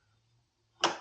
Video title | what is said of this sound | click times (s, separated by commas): 2000 Harley Davidson Sportster 1200 Quick Disconnect Backrest | Again, push those cams in, pop this thing up. | 0.8 s